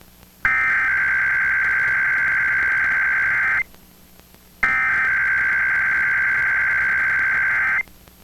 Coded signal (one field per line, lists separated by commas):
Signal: Emergency Alert System (SAME) tones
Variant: header bursts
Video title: IPAWS Weekly Test (10/4/21)(EAS 940)